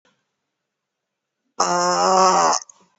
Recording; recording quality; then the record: sustained vowel as in made; excellent, no background noise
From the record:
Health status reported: COVID-19 positive, mild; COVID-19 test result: positive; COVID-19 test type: RT-PCR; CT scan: not taken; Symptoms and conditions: cough, fatigue, hypertension, diabetes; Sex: female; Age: 78 years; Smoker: no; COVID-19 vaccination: one dose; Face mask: worn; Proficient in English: yes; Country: India